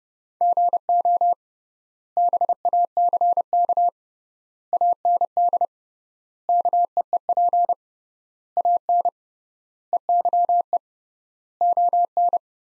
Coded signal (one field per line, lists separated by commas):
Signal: Morse code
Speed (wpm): 30 wpm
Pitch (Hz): 700 Hz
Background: none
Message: GO BACK AND KEEP AN EYE ON